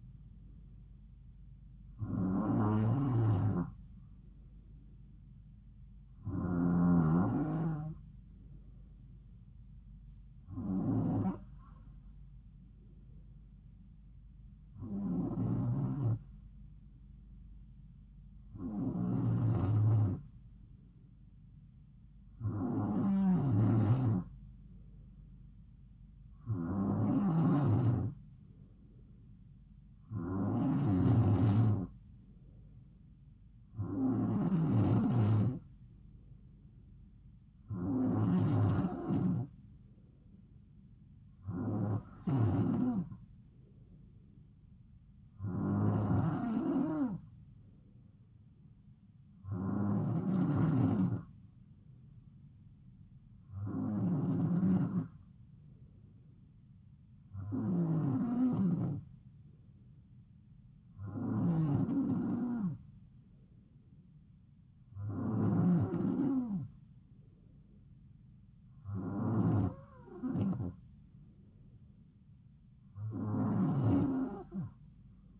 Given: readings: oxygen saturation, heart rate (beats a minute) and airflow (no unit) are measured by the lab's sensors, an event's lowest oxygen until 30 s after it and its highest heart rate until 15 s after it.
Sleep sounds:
breathing in sleep by a smartphone at the bedside; 1
4.00-27.60 s: hypopnea (N2, oxygen 95% highest, then 92% lowest, heart rate 68 at the start, 71 highest)
From the record:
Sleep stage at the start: N2 (light sleep); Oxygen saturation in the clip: 91 to 95%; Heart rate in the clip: 66 to 71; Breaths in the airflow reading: 19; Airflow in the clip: -3.2 to 3.3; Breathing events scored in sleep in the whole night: 270 in 6.1 hours asleep

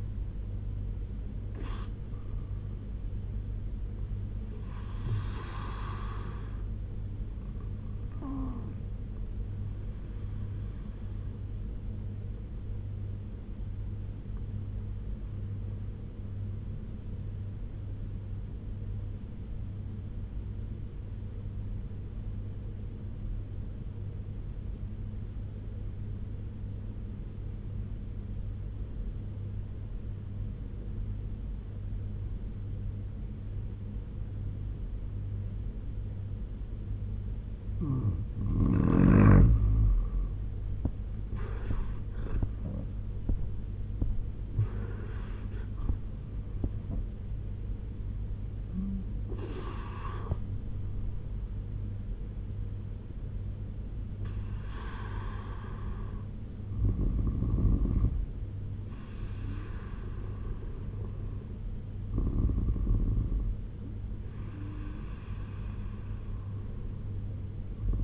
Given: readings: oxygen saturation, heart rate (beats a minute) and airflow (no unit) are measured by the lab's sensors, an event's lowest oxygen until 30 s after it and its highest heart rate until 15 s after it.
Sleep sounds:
breathing in sleep by a smartphone at the bedside; 1
12.00-38.90 s: obstructive apnea (N1, oxygen 95% highest, then 84% lowest, heart rate 72 at the start, 88 highest)
17.00-47.00 s: new sleep stage, N2 (light sleep)
47.00-68.04 s: new sleep stage, N1 (lightest sleep)
From the record:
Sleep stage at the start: N1 (lightest sleep); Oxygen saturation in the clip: 84 to 95%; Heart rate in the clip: 67 to 88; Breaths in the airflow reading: 7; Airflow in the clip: -6.6 to 10.4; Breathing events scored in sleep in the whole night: 201 in 6.5 hours asleep

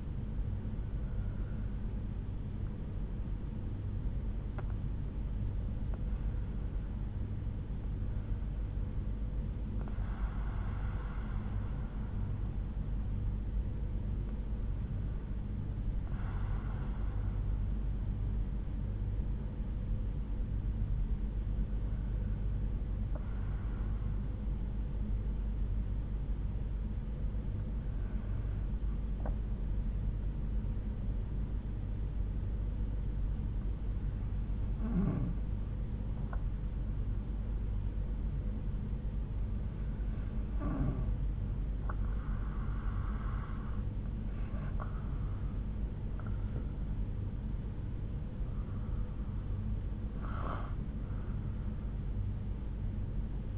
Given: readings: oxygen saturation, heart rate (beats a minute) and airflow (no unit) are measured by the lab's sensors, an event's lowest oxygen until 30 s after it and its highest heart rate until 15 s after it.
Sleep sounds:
breathing in sleep by a smartphone at the bedside; 1
5.00-42.70 s: hypopnea (N1, oxygen 96% highest, then 91% lowest)
10.00-40.00 s: new sleep stage, N2 (light sleep)
40.00-53.57 s: new sleep stage, N1 (lightest sleep)
From the record:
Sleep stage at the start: N1 (lightest sleep); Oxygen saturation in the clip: 91 to 96%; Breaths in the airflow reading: 9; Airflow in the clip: -9.4 to 11.2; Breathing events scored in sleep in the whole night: 368 in 8.0 hours asleep

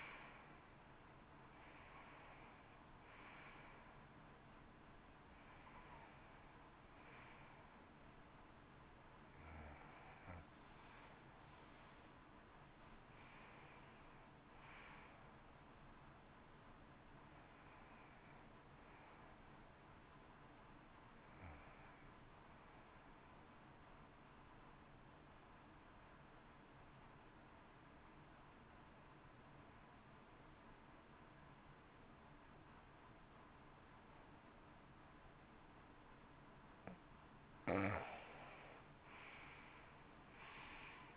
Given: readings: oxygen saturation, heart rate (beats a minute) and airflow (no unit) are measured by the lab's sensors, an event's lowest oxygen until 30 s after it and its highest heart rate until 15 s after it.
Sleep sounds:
breathing in sleep by a voice recorder at the bedside; 1
26.00-37.10 s: obstructive apnea (N1, oxygen 95% highest, then 86% lowest, heart rate 57 at the start, 69 highest)
27.00-41.17 s: new sleep stage, N2 (light sleep)
From the record:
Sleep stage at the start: N1 (lightest sleep); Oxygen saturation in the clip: 86 to 95%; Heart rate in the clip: 55 to 70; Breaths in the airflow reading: 7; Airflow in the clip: -14.6 to 16.0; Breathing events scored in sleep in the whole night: 328 in 6.3 hours asleep

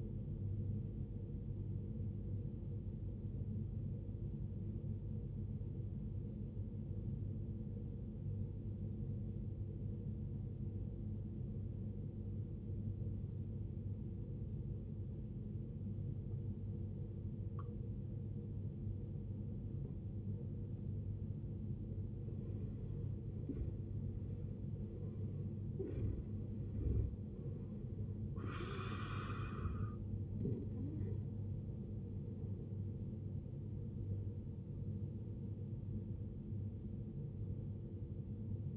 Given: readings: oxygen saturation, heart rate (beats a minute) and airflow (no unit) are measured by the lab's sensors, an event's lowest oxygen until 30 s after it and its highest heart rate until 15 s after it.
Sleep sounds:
breathing in sleep by a smartphone at the bedside; 1
3.00-38.76 s: new sleep stage, N2 (light sleep)
7.00-23.60 s: obstructive apnea (N2, oxygen 94% highest, then 83% lowest, heart rate 63 at the start, 74 highest)
From the record:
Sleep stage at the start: N1 (lightest sleep); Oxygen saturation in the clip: 78 to 94%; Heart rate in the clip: 55 to 74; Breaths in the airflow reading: 4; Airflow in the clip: -12.5 to 14.4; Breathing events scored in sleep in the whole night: 389 in 6.3 hours asleep

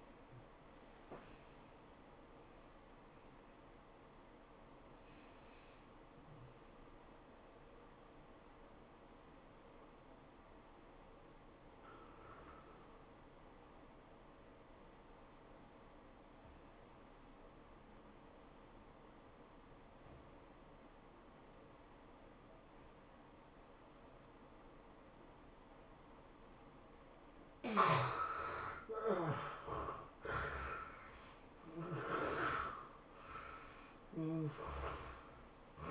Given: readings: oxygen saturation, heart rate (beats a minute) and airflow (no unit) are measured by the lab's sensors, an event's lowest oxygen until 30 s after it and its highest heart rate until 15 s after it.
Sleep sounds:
breathing in sleep by a voice recorder at the bedside; 1
0.00-12.00 s: awake
4.00-29.10 s: hypopnea (scored as awake, oxygen 97% highest, then 75% lowest, heart rate 107 at the start, 108 highest)
4.00-34.00 s: new sleep stage, N1 (lightest sleep)
34.00-35.91 s: new sleep stage, N2 (light sleep)
From the record:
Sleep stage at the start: awake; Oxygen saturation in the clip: 76 to 97%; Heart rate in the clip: 80 to 108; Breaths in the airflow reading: 7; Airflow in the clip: -20.6 to 17.0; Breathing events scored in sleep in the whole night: 403 in 5.5 hours asleep

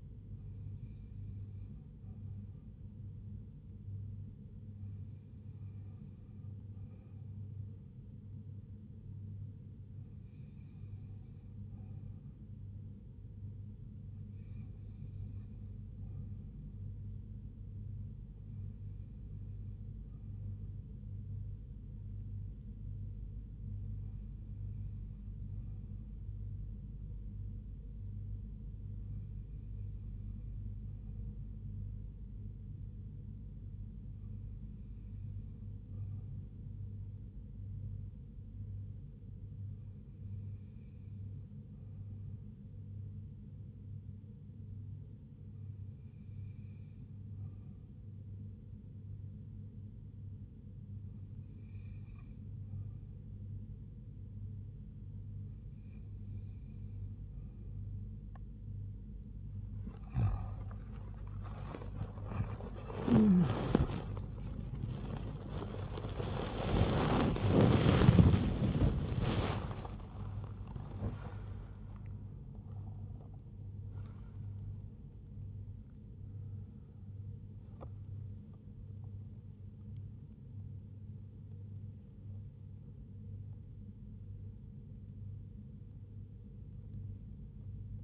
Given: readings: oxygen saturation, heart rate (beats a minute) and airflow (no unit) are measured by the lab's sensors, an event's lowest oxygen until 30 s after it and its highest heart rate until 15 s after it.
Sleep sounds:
breathing in sleep by a smartphone at the bedside; none
67.00-88.03 s: new sleep stage, N1 (lightest sleep)
From the record:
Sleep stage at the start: N2 (light sleep); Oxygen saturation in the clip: 88 to 91%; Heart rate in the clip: 74 to 97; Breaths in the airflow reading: 16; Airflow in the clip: -7.5 to 9.4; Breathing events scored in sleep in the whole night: 158 in 7.3 hours asleep

